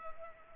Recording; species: mosquito wingbeat signal from an infrared sensor; Culex pipiens